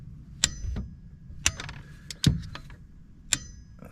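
A torque wrench tightens a bolt to its 35 newton-metre setting on a Fiat Ducato van engine during a timing belt and water pump change. Sharp, clock-like clicks sound at 0.4, 1.5, 2.2 and 3.3 seconds, with fainter ticks between them as the wrench is worked. The wrench clicks at its setting, and the clicks are repeated for good measure, confirming the bolt is torqued.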